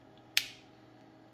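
A key blade insert is pushed into its slot in a replacement plastic remote key fob case for a Captiva C140. It snaps in with one sharp, bright click at 0.4 s that fades quickly over a low steady background. The blade is seated and stays put until released with the button.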